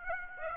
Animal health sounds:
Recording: mosquito wingbeat signal from an infrared sensor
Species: Aedes aegypti

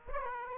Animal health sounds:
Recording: mosquito wingbeat signal from an infrared sensor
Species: Aedes aegypti

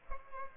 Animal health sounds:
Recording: mosquito wingbeat signal from an infrared sensor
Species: Culex pipiens

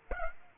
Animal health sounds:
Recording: mosquito wingbeat signal from an infrared sensor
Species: Aedes aegypti

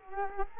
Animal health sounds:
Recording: mosquito wingbeat signal from an infrared sensor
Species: Culex quinquefasciatus

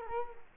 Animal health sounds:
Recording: mosquito wingbeat signal from an infrared sensor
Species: Culex quinquefasciatus

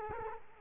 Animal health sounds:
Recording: mosquito wingbeat signal from an infrared sensor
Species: Culex quinquefasciatus

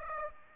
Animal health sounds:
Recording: mosquito wingbeat signal from an infrared sensor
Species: Aedes aegypti

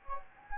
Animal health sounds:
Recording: mosquito wingbeat signal from an infrared sensor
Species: Anopheles gambiae

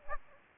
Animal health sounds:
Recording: mosquito wingbeat signal from an infrared sensor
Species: Aedes aegypti

